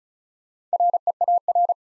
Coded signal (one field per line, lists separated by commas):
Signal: Morse code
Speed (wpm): 36 wpm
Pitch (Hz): 700 Hz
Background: none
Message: REAR